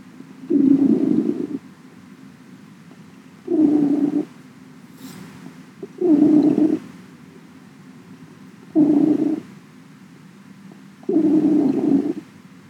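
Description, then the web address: Cat purring in several loud rumbling bursts, each about a second long, separated by quieter pauses. Recorded on 20 September 2017. "cats max purring"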